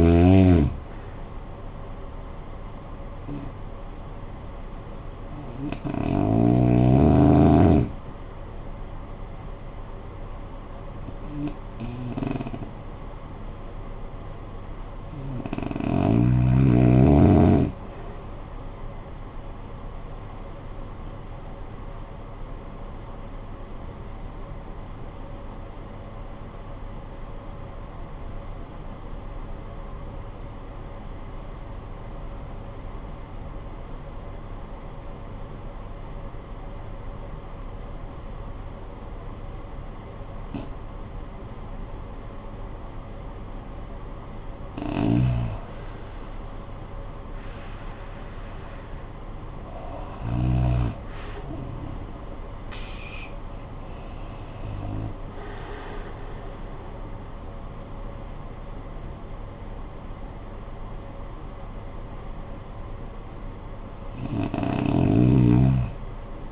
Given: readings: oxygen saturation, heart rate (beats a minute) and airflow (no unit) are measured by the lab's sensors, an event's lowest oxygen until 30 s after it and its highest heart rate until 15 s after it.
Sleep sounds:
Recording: breathing in sleep by a smartphone at the bedside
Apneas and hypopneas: 1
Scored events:
22.00-44.00 s: obstructive apnea (REM, oxygen 94% highest, then 78% lowest, heart rate 51 at the start, 75 highest)
From the record:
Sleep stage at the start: REM sleep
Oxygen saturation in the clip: 82 to 94%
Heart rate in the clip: 47 to 75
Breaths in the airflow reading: 9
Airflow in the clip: -19.2 to 21.2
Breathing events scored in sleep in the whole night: 445 in 7.6 hours asleep

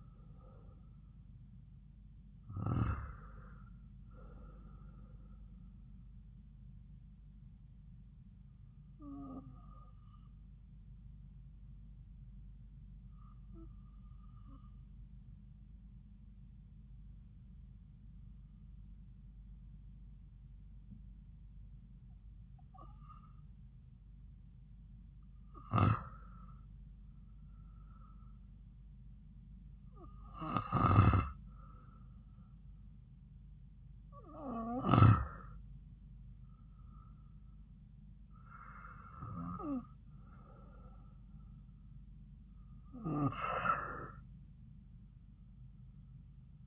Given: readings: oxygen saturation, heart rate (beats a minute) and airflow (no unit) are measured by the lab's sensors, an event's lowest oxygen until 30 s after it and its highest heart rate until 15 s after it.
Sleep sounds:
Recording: breathing in sleep by a smartphone at the bedside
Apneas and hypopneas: 1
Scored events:
12.00-28.40 s: hypopnea (REM, oxygen 96% highest, then 93% lowest)
From the record:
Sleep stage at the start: REM sleep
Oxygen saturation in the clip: 83 to 96%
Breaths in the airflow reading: 7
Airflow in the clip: -4.1 to 4.4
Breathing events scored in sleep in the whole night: 270 in 6.1 hours asleep

